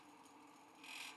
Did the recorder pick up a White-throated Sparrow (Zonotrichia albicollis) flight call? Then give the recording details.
no. No flight call is heard. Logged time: 06:01 on 5 December 2014